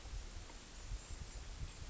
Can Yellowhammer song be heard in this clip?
no